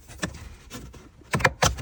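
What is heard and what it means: During a cabin air filter change on a 2014 Chevy Silverado 1500 WT, the first of two plastic tabs on a glovebox or dash piece is pushed back into the truck dashboard. After a short tap at 0.2 s and some faint rustling, sharp plastic snaps at 1.3 s and 1.5 s show the tab seating, with another loud knock just after.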